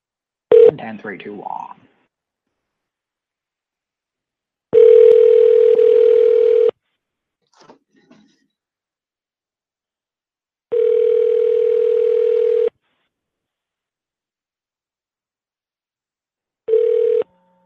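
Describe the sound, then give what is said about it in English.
An outgoing phone call to an auto glass business, Quality Auto, rings through: a steady, mid-pitched ring tone repeats in long buzzing bursts about two seconds each, separated by silent gaps, after a brief moment of talk at the start. “Well, this next one is related to a previous call.”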